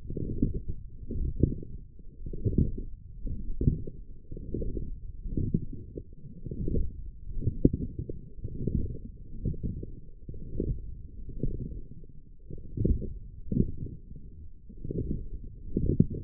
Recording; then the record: forearm muscle sounds (acoustic myography)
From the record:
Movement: forearm pronation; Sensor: system 1, eight BSWA MPA416 microphones around the upper forearm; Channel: 2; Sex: female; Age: 22 years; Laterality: right